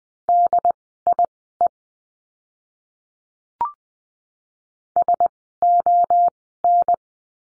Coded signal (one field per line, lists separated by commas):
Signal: Morse code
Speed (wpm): 20 wpm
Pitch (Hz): 700 Hz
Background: none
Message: DIE SON